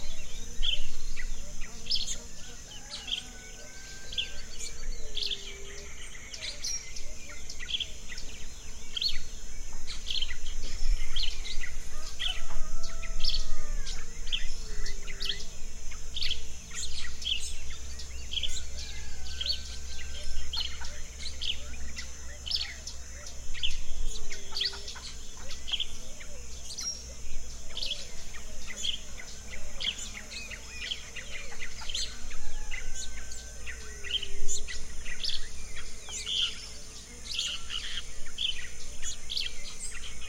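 Dawn in an orchard: dense, constant birdsong with overlapping chirps and trills over a steady high hiss and faint low rumble.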